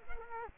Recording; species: mosquito wingbeat signal from an infrared sensor; Culex quinquefasciatus